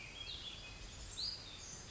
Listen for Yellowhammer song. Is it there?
no